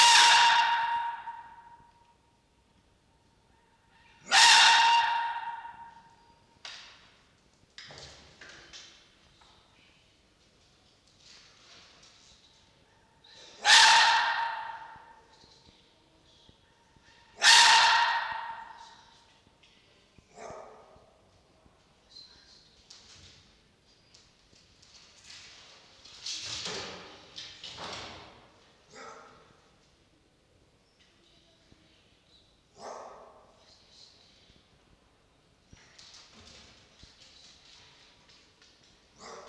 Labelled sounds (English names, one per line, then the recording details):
Red Fox
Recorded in captivity
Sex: male
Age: diverse
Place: Zoologisches Institut der HUB, Berlin, DE
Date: 1953-03-16
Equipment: Elmetra
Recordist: Tembrock, Günter